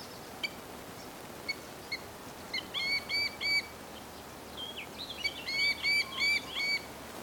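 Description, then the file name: Little grebe calls: scattered sharp pips, then clusters of short, clear whistled notes in quick runs of three or more, with a busier stretch near the end. "Dodaars Tachybaptus ruficollis"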